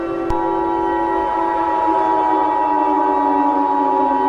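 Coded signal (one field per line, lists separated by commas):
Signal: Emergency Alert System (SAME) tones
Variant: 853 and 960 Hz attention tone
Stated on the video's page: Fictional EAS scenario containing valid tones, with sirens.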